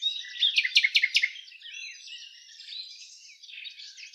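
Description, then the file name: Common nightingale singing a loud burst of fast, repeated chopping notes, followed by a quieter, varied warble of slurred, gurgling notes. "Luscinia megarhynchos"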